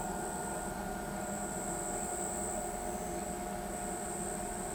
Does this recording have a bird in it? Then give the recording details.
no. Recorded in pastures near Pivijay, Magdalena, Colombia, on 13 April 2023 at 21:00. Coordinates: 10.456, -74.369. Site P6-G026